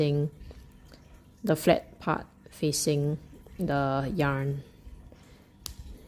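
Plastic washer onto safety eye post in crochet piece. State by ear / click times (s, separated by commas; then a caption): seated / 5.7 s. A plastic safety-eye backing washer, flat side facing the yarn, is pushed onto the eye's post through a crochet keychain piece while someone talks. A single sharp click at 5.7 s marks the washer locking onto the post's ratchet, seated with one click; pushing further would give another click.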